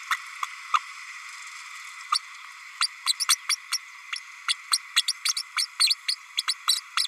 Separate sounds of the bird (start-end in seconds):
0.10-0.17, 0.73-0.79, 2.12-2.19, 2.80-2.87, 3.06-3.13, 3.19-3.25, 3.28-3.36, 3.49-3.56, 3.71-3.78, 4.48-4.54, 4.71-4.78, 4.96-5.03, 5.07-5.12, 5.25-5.34, 5.36-5.42, 5.56-5.66, 5.79-5.95, 6.08-6.15, 6.37-6.42, 6.47-6.54, 6.68-6.81, 6.97-7.07